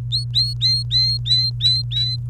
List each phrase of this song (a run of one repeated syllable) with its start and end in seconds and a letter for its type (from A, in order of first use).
0.12-2.17 A